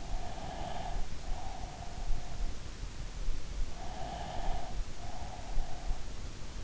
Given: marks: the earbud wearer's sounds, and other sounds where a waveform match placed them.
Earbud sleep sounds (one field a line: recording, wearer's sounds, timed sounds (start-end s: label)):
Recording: sounds in sleep by an in-ear microphone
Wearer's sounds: breath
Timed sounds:
0.18-2.50 s: breath
3.93-6.64 s: breath